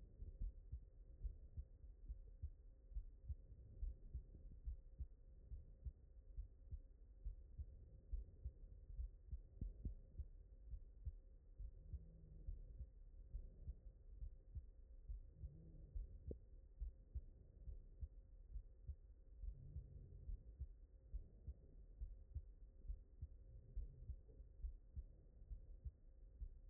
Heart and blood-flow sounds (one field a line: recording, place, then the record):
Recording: heart sounds by stethoscope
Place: mitral valve (MV)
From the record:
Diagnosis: non-HFrEF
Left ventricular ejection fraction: 61%